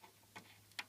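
A power cable connector is plugged into a large graphics card until its latch seats with a sharp click at 0.8 s, confirming it is in. A softer tap comes just before at about 0.4 s against a quiet background hum, and someone talks.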